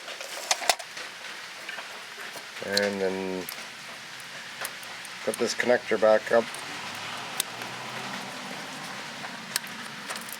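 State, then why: Not seated. A plastic ABS wheel speed sensor connector on a 2008–2012 Malibu, during a front wheel bearing replacement, is handled and pushed back up toward its mounting bracket near the hub, terminals meant to face the inside of the car. Someone talks while sharp knocks and taps sound around 0.5 s, 0.7 s, 7.4 s and 9.6 s. Nothing has seated or clicked yet.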